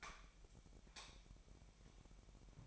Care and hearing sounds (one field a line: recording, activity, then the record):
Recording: daily activity, microphone in the room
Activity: light off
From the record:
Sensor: 1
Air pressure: 1012.0 hPa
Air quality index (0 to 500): 235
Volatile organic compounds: 6 ppm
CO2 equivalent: 1872 ppm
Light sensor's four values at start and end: 16/46/18/20 and 13/31/13/15